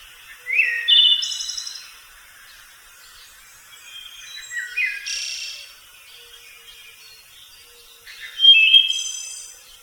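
Wood thrush singing: short fluted phrases with rising notes and a trilled, buzzy ending, three phrases separated by pauses of a few seconds, with quiet background.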